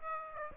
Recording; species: mosquito wingbeat signal from an infrared sensor; Aedes aegypti